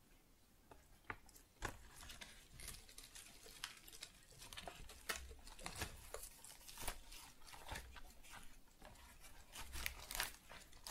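Crisp, tingly rustles and crinkles of flowers being handled, with sharp crackling ticks scattered irregularly throughout, several per second at times. Brief brighter bursts stand out near 1.7, 5, 7 and 10 seconds over a soft, steady hiss.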